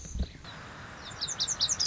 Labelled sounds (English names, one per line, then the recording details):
Lazuli Bunting
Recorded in Sonoma County, California